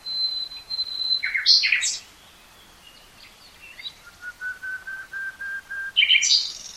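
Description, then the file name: Common nightingale song, a long pure whistle, sharp notes, a pause, then a row of soft level piping notes and a loud burst. "Luscinia megarhynchos"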